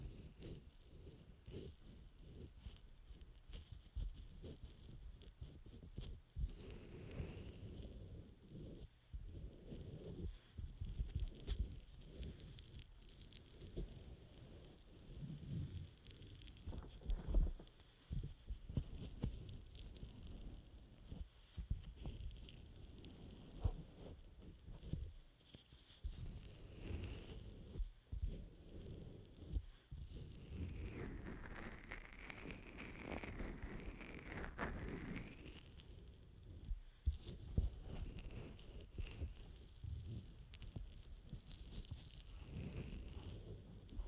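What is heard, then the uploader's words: Dense rubbing and scrubbing sounds fill the whole recording with a steady crackling rustle, broken by occasional sharper taps and brief pauses around 7, 10, 17 and 30 seconds. A faint high whine persists behind it, brightening between 31 and 36 seconds. ASMR Scrub Ear Massage & Moisturizing Care Rubbing, Stroking, Cleansing, Tapping (No Talking).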